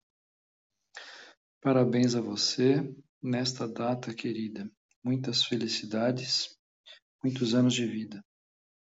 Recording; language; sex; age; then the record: short text; Brazilian Portuguese; male; 50 to 59 years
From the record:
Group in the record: control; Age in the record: 57 years